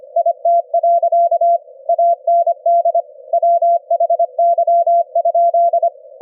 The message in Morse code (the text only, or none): IT. AND WHY?